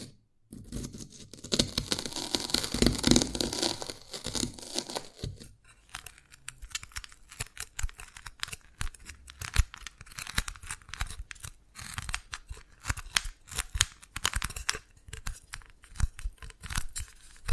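Tapping and cracking on dalgona candy. For the first five seconds a dense, rough scraping and crunching fills the sound, then it gives way to a steady run of sharp, bright clicks and taps with small crackles, repeating every fraction of a second until the end.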